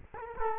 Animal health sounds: mosquito wingbeat signal from an infrared sensor; Culex quinquefasciatus

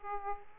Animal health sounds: mosquito wingbeat signal from an infrared sensor; Aedes aegypti

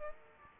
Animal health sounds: mosquito wingbeat signal from an infrared sensor; Aedes aegypti

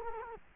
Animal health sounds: mosquito wingbeat signal from an infrared sensor; Culex quinquefasciatus

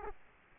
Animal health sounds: mosquito wingbeat signal from an infrared sensor; Aedes aegypti

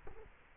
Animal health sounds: mosquito wingbeat signal from an infrared sensor; Culex quinquefasciatus

